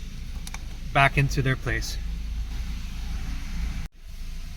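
The plastic clips of the right air vent on a 2015–2020 Ford Everest or Ranger dashboard, being refitted during a speedometer LCD replacement, are pushed back into their places in the dash. A short double snap is heard at 0.5 s and 0.5 s over a steady low hum, and then someone talks. The vent is seated and locked into place.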